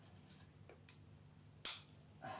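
Metal spring clips are pushed over a plastic distributor cap, already seated in its recess, to hold it onto the distributor body. A faint snap comes at 0.9 s and a much louder, sharp snap at 1.6 s as the clips go home, and the cap is then secure.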